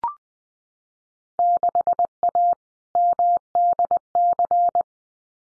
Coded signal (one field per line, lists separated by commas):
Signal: Morse code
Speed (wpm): 20 wpm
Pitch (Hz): 700 Hz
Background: none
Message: 6A MDC